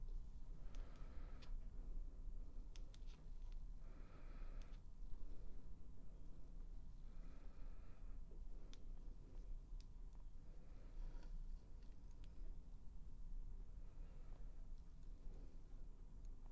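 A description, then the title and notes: A haircut and shave session under a steady low hum that never lets up. Short, brighter scraping passes come every few seconds, around the one-, four-, seven-, ten- and fifteen-second marks, with small clicks and taps scattered between them. ASMR Men's Grooming Service Roleplay (Shave, Haircut & Scalp Massage).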